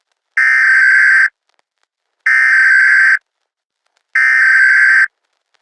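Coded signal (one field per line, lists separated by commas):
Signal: Emergency Alert System (SAME) tones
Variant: header bursts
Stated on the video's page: Homemade, fictional EAS scenario made for a science class.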